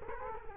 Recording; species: mosquito wingbeat signal from an infrared sensor; Culex quinquefasciatus